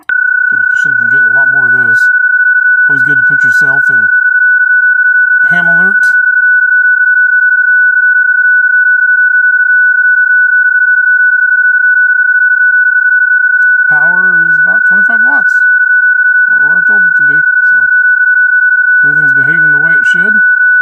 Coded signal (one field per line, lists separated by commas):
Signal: PSK31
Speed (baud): 31.25 baud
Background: speech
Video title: Digital Mode Revival - PSK31!!!